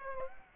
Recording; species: mosquito wingbeat signal from an infrared sensor; Aedes aegypti